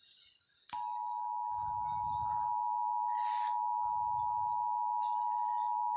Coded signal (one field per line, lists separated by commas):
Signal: Emergency Alert System (SAME) tones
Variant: 853 and 960 Hz attention tone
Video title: rating EAS alarms